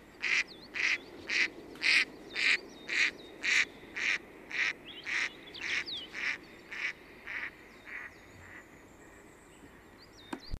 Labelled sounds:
Mallard call
Coal Tit
Common Firecrest
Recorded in the wild
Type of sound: call
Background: Periparus ater, Regulus ignicapilla
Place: Schmelz, Saarland, DE
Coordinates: 49.4789, 6.87778
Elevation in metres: 240
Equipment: Nagra IV, Sennheiser MKH 405, Parabolreflektor
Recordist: Tretzel, Erwin
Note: Aufnahme Frühjahr 1974, Hundedressurplatz, Schmelz: Rufe "räb"

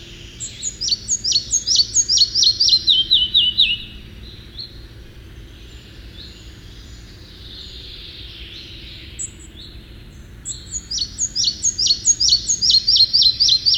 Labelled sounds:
Red-breasted Flycatcher song
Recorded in the wild
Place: Sassnitz, Insel Rügen, Mecklenburg-Vorpommern, DE
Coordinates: 54.516, 13.633
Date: 1975-05-19
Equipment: Nagra III BH, Sennheiser MD 21, parabola
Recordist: Schubert, Michael
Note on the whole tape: Gesang eines Zwergschnäppers

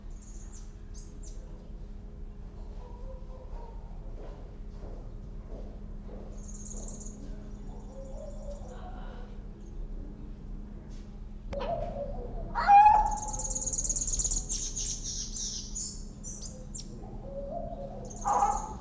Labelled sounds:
Southern Red Bishop
Common Hill Myna
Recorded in captivity
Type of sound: song, call, call sequence
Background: Gracula religiosa
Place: Zoo Berlin, Berlin, DE
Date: 1993-07-17
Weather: wolkig, 22 °C
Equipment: Marantz CP 430, Sennheiser ME 80, Kopie Uher Variocord 263
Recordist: Tembrock, Günter
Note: Helle Lautfolgen

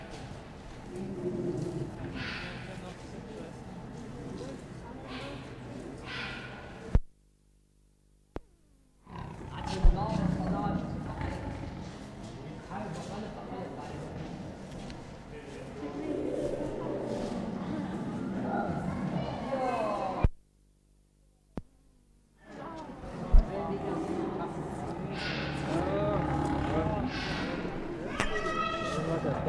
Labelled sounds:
Lion
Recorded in captivity
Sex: female
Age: adult
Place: Zoo Leipzig, Sachsen, DE
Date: 1959-09-18 14:30
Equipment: Reporter (Vollspur)
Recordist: TSA

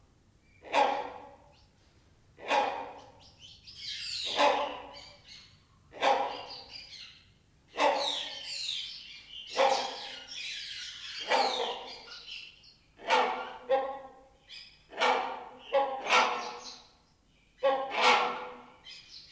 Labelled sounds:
Great Hornbill
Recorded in captivity
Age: adult
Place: Zoo Berlin, Berlin, DE
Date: 1992-04-04 10:21
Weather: bedeckt, 5-8°C
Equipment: Nagra SN, Mikrofon AKG CK 8, Kopie Tesla B 116
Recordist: Tembrock, Günter

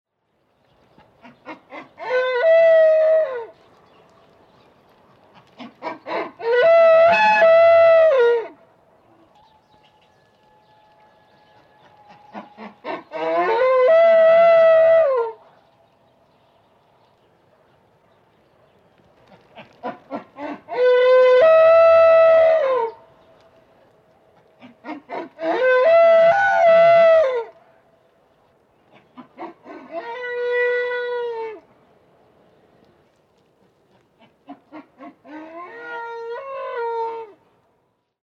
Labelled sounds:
Wapiti
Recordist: Tembrock, Günter
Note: Hirsch: Brunftrufe

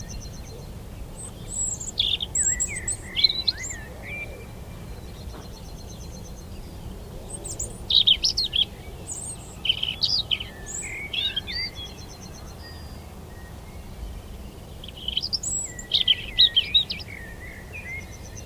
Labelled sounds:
European Robin song
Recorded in the wild
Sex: male
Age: adult
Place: Lüdersdorf, Barnim, Brandenburg, DE
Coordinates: 52.9236, 14.0767
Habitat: open country
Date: 2006-04-15
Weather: overcast, 3°C, light to moderate westerly winds
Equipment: Marantz PMD 671, Sennheiser MKH 70, Popschutz
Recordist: Frommolt, Karl-Heinz

